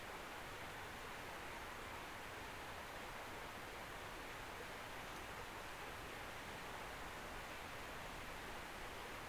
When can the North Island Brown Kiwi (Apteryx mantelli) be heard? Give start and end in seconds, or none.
none